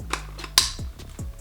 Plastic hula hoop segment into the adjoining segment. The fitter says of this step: y'all heard the snap um